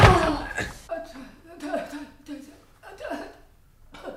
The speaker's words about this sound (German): Die Rückwand ist nach hinten umgefallen. Das dachte ich mir doch.